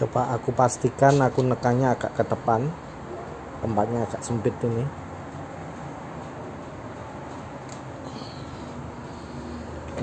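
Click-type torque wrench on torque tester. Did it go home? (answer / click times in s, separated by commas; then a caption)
no / none. A Jetjo click-type torque wrench set to 15 Nm is pulled on a torque tester, with the hand pressing toward the front in a cramped spot. Someone talks for the first five seconds, then only a steady low background hum remains. The wrench has not clicked yet.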